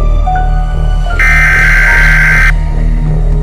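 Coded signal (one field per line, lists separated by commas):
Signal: Emergency Alert System (SAME) tones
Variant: header bursts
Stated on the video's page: Simulated EAS scenario.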